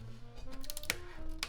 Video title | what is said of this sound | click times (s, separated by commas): How To Build a PC: Complete Step-by-Step $1500 USD PC Build Guide 2021 | and then you should hear a slight click and then we can tuck this in because we don't need to see this ugly cable | 0.9 s